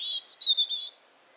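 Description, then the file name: European robin phrase, a short run of high, thin warbled notes lasting under a second, followed by quiet. "Erithacus rubecula"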